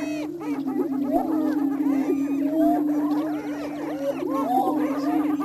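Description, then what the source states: Greater prairie chickens calling in a chorus: a steady low hum runs beneath many overlapping cackles and swooping whoops, thick and continuous throughout. Missouri.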